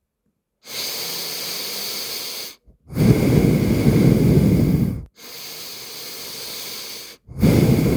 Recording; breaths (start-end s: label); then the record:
nose breathing near a microphone
0.16-2.56 s: inhalation
2.56-4.91 s: exhalation
4.91-7.16 s: inhalation
7.16-7.97 s: exhalation
From the record:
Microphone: phone